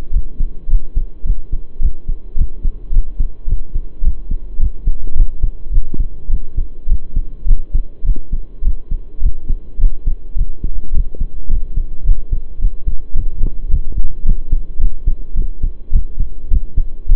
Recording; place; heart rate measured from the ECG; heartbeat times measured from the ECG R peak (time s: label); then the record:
heart sounds by stethoscope; between the tricuspid and mitral areas; 106 bpm
0.12 s: heartbeat
0.68 s: heartbeat
1.25 s: heartbeat
1.80 s: heartbeat
2.36 s: heartbeat
2.92 s: heartbeat
3.47 s: heartbeat
4.02 s: heartbeat
4.58 s: heartbeat
5.15 s: heartbeat
5.71 s: heartbeat
6.29 s: heartbeat
6.88 s: heartbeat
7.46 s: heartbeat
8.04 s: heartbeat
8.63 s: heartbeat
9.21 s: heartbeat
9.79 s: heartbeat
10.36 s: heartbeat
10.93 s: heartbeat
11.49 s: heartbeat
12.05 s: heartbeat
12.60 s: heartbeat
13.15 s: heartbeat
13.70 s: heartbeat
14.24 s: heartbeat
14.79 s: heartbeat
15.35 s: heartbeat
15.91 s: heartbeat
16.49 s: heartbeat
17.07 s: heartbeat
From the record:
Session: pedaling a stationary bicycle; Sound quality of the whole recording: saturated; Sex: male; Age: 23 years